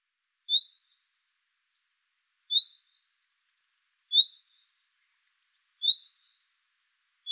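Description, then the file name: Common nightingale calling with single rising whistles spaced about one and a half to two seconds apart, four notes and a fifth cut off at the end, against a silent background. "Luscinia megarhynchos"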